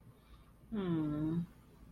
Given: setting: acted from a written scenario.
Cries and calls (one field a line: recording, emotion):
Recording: vocal sound without words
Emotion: disappointment